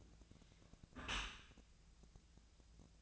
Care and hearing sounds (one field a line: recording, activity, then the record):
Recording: daily activity, microphone in the room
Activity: close dishwasher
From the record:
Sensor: 2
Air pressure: 1000.4 hPa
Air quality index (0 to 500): 166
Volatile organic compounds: 3 ppm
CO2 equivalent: 1378 ppm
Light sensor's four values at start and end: 11/31/12/14 and 11/31/12/14